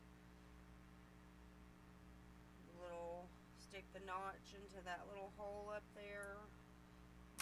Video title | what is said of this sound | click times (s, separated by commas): So Glad I Kept Testing After Fertility Friend Said I had Already Ovulated!!!! | press down until you hear it click | 7.4 s